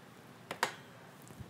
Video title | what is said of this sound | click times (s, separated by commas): How to Repair/Replace a Chain | and you're going to push down on your crank while holding your tire, and you're going to hear a snap of that master link snapping into place. | 0.6 s